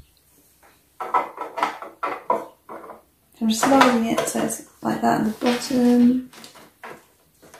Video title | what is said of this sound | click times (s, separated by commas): Classic Colour Red Roof Country Home Gift Set Unboxing Part 1 - Sylvanian Families / Calico Critters | It didn't click in, but it's not in properly. | none